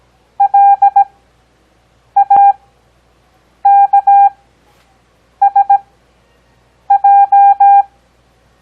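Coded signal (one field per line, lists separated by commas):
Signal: Morse code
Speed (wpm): 17 wpm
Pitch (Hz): 800 Hz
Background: none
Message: LAKSJ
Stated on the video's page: Morse code copy practice covering letters, digits and punctuation, Farnsworth timing with 17 WPM characters at 6 WPM overall.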